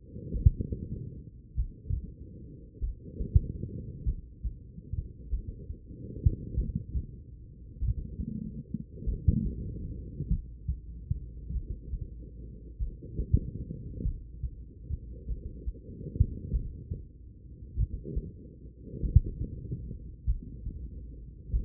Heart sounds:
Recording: heart sounds by stethoscope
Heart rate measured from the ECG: 48 bpm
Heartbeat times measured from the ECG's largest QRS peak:
0.30 s: heartbeat
1.54 s: heartbeat
2.78 s: heartbeat
4.03 s: heartbeat
5.28 s: heartbeat
6.54 s: heartbeat
7.78 s: heartbeat
9.03 s: heartbeat
10.27 s: heartbeat
11.51 s: heartbeat
12.77 s: heartbeat
14.02 s: heartbeat
15.25 s: heartbeat
16.50 s: heartbeat
17.74 s: heartbeat
19.00 s: heartbeat
20.24 s: heartbeat
21.50 s: heartbeat
From the record:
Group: heart failure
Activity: rest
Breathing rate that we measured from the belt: 20 breaths a minute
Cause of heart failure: idiopathic cardiomyopathy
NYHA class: 2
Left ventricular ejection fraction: 53%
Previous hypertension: present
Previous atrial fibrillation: present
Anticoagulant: apixaban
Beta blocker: bisoprolol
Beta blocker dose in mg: 2.5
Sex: female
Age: 67 years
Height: 150 cm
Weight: 81 kg

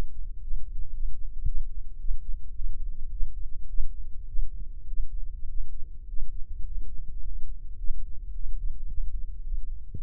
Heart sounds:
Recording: heart sounds by microphone in the left ear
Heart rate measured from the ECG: 107 bpm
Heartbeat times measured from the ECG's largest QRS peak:
0.39 s: heartbeat
0.92 s: heartbeat
1.44 s: heartbeat
1.97 s: heartbeat
2.53 s: heartbeat
3.09 s: heartbeat
3.67 s: heartbeat
4.26 s: heartbeat
4.86 s: heartbeat
5.47 s: heartbeat
6.06 s: heartbeat
6.64 s: heartbeat
7.21 s: heartbeat
7.77 s: heartbeat
8.32 s: heartbeat
8.86 s: heartbeat
9.40 s: heartbeat
9.94 s: heartbeat
From the record:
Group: healthy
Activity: Valsalva maneuver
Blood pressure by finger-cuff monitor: 117/78 mmHg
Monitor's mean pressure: 88 mmHg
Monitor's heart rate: 107 bpm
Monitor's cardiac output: 7.5 L/min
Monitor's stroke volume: 66 mL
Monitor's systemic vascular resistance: 890 dyn s/cm5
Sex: male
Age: 19 years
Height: 178 cm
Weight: 83 kg

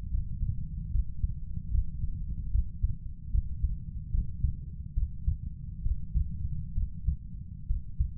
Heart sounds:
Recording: heart sounds by stethoscope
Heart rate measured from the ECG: 71 bpm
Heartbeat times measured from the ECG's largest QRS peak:
0.09 s: heartbeat
0.90 s: heartbeat
1.70 s: heartbeat
2.50 s: heartbeat
3.30 s: heartbeat
4.09 s: heartbeat
4.93 s: heartbeat
5.81 s: heartbeat
6.73 s: heartbeat
7.66 s: heartbeat
From the record:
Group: healthy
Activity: Valsalva maneuver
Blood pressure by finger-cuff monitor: 109/68 mmHg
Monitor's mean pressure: 81 mmHg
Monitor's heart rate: 74 bpm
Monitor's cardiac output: 5.7 L/min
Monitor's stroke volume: 80 mL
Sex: female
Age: 32 years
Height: 172 cm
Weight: 71.7 kg

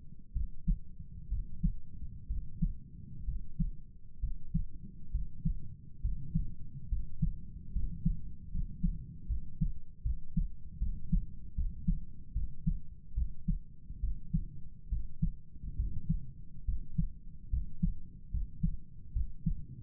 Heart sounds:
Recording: heart sounds by stethoscope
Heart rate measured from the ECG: 70 bpm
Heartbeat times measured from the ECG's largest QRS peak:
0.33 s: heartbeat
1.29 s: heartbeat
2.28 s: heartbeat
3.25 s: heartbeat
4.20 s: heartbeat
5.11 s: heartbeat
6.01 s: heartbeat
6.89 s: heartbeat
7.73 s: heartbeat
8.51 s: heartbeat
9.27 s: heartbeat
10.03 s: heartbeat
10.79 s: heartbeat
11.55 s: heartbeat
12.33 s: heartbeat
13.15 s: heartbeat
14.01 s: heartbeat
14.89 s: heartbeat
15.76 s: heartbeat
16.65 s: heartbeat
17.50 s: heartbeat
18.31 s: heartbeat
19.13 s: heartbeat
From the record:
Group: healthy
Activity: rest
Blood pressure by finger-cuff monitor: 105/57 mmHg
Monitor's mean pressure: 71 mmHg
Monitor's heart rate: 71 bpm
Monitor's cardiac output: 7.4 L/min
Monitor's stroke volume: 104 mL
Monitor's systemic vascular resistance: 710 dyn s/cm5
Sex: male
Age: 35 years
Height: 180 cm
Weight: 86.9 kg

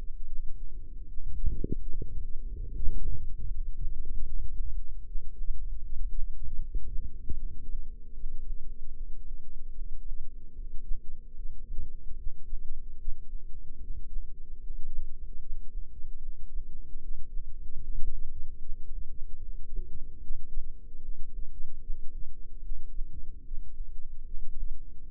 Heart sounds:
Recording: heart sounds by microphone in the left ear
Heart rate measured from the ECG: 75 bpm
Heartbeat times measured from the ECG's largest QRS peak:
0.24 s: heartbeat
1.05 s: heartbeat
1.85 s: heartbeat
2.65 s: heartbeat
3.45 s: heartbeat
4.25 s: heartbeat
5.03 s: heartbeat
5.80 s: heartbeat
6.57 s: heartbeat
7.35 s: heartbeat
8.11 s: heartbeat
8.90 s: heartbeat
9.71 s: heartbeat
10.52 s: heartbeat
11.33 s: heartbeat
12.14 s: heartbeat
12.96 s: heartbeat
13.77 s: heartbeat
14.58 s: heartbeat
15.38 s: heartbeat
16.18 s: heartbeat
16.98 s: heartbeat
17.77 s: heartbeat
18.57 s: heartbeat
19.38 s: heartbeat
20.18 s: heartbeat
20.98 s: heartbeat
21.78 s: heartbeat
22.59 s: heartbeat
23.41 s: heartbeat
24.21 s: heartbeat
25.03 s: heartbeat
From the record:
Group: healthy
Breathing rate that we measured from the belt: 19 breaths a minute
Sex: female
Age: 43 years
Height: 160 cm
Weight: 90 kg

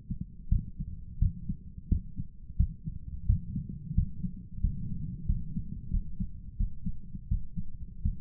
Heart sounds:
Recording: heart sounds by stethoscope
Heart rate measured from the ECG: 88 bpm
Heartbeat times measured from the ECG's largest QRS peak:
0.48 s: heartbeat
1.18 s: heartbeat
1.88 s: heartbeat
2.56 s: heartbeat
3.26 s: heartbeat
3.94 s: heartbeat
4.61 s: heartbeat
5.26 s: heartbeat
5.90 s: heartbeat
6.56 s: heartbeat
7.28 s: heartbeat
8.01 s: heartbeat
From the record:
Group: healthy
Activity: rest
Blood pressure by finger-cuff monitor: 153/87 mmHg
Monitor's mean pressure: 101 mmHg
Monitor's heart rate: 88 bpm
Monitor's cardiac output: 8.2 L/min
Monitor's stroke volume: 92 mL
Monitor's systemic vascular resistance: 920 dyn s/cm5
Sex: male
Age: 57 years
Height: 188 cm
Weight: 106 kg

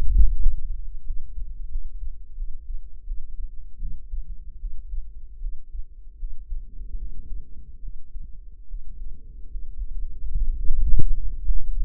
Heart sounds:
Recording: heart sounds by microphone in the right ear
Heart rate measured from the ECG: 79 bpm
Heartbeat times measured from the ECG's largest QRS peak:
0.33 s: heartbeat
1.02 s: heartbeat
1.67 s: heartbeat
2.34 s: heartbeat
3.03 s: heartbeat
3.77 s: heartbeat
4.57 s: heartbeat
5.38 s: heartbeat
6.16 s: heartbeat
6.95 s: heartbeat
7.80 s: heartbeat
8.65 s: heartbeat
9.47 s: heartbeat
10.24 s: heartbeat
10.97 s: heartbeat
11.71 s: heartbeat
From the record:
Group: healthy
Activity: breath hold 0-3 s, rest 3-12 s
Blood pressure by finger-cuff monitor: 113/77 mmHg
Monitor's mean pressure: 94 mmHg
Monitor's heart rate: 78 bpm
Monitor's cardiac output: 6.8 L/min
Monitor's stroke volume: 86 mL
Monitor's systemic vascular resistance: 1060 dyn s/cm5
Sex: female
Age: 22 years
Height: 160 cm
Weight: 45 kg

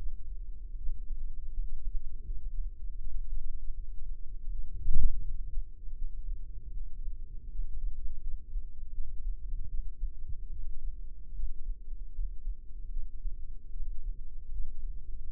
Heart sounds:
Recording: heart sounds by microphone in the left ear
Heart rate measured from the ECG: 79 bpm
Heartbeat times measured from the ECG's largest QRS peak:
0.74 s: heartbeat
1.51 s: heartbeat
2.24 s: heartbeat
2.99 s: heartbeat
3.73 s: heartbeat
4.49 s: heartbeat
5.22 s: heartbeat
5.95 s: heartbeat
6.71 s: heartbeat
7.49 s: heartbeat
8.20 s: heartbeat
8.92 s: heartbeat
9.68 s: heartbeat
10.49 s: heartbeat
11.33 s: heartbeat
12.12 s: heartbeat
12.90 s: heartbeat
13.71 s: heartbeat
14.50 s: heartbeat
15.26 s: heartbeat
From the record:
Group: healthy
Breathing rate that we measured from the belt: 17 breaths a minute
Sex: male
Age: 21 years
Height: 180 cm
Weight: 67.5 kg

